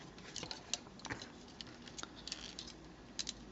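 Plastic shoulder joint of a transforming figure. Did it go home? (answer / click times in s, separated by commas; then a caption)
no / none. The plastic shoulder joint of a Transformers Beast Wars Masterpiece MP-34 Cheetor figure is maneuvered and raised during transformation, producing scattered light plastic ticks and taps over a low background. The shoulder has not locked into place yet, and nothing has seated or clicked.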